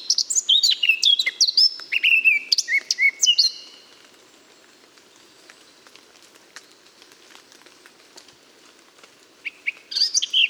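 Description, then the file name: Eurasian blackcap song: a loud warbling phrase of mixed scratchy and whistled notes, then several seconds of near silence before another short burst begins. "Sylvia atricapilla"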